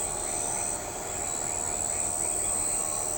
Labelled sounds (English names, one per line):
none